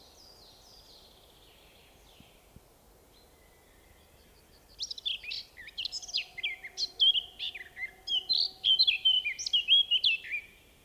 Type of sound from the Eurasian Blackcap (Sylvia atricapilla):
song